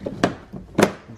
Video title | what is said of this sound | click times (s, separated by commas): 2013-2017 Mazda CX-5 - Reverse Light and Clearance Light Replacement | snap that into place. | 0.2 s, 0.8 s